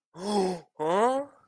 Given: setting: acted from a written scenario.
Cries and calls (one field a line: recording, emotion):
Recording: vocal sound without words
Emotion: positive surprise